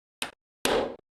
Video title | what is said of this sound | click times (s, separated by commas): Printing & Testing the Bambu Labs Boat Model Kit! | ah it does sweet okay so that actually snaps right into place | 0.2 s, 0.7 s